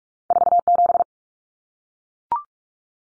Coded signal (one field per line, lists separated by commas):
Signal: Morse code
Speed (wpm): 44 wpm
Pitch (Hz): 700 Hz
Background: none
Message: 47